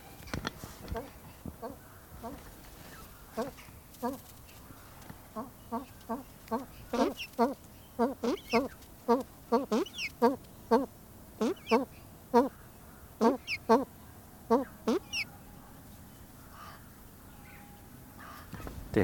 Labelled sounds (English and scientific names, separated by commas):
Blue Eared Pheasant (Crossoptilon auritum) call